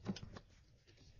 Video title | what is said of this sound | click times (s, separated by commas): PROTECT Your TESLA & Look GREAT: Front Grille Mesh Installation A NECESSITY! | you'll hear a click there it's the click there | 0.2 s